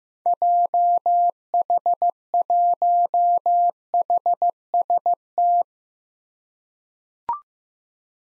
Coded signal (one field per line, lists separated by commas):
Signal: Morse code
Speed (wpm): 15 wpm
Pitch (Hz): 700 Hz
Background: none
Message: JH1HST